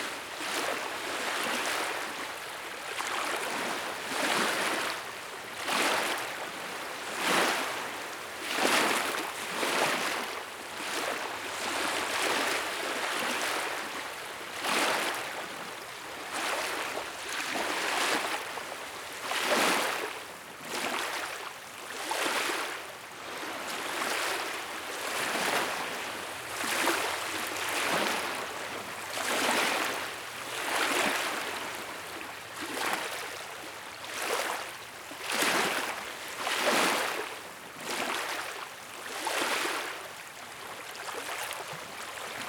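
Small waves lap against a mountain lake shore in a steady rhythm, each wash arriving about every one to two seconds as a bright, splashing hiss. The sound stays dense and continuous throughout, with little low rumble and no other sounds.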